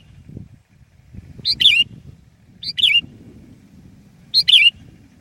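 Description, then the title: Sooty-headed bulbul giving three separate liquid, bubbly phrases, each a short note followed by a rolling warble, spaced over several seconds against faint low background noise. "kutilang"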